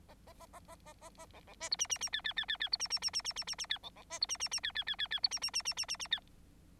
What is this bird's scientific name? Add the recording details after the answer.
Lonchura striata domestica. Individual Bird9